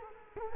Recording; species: mosquito wingbeat signal from an infrared sensor; Culex quinquefasciatus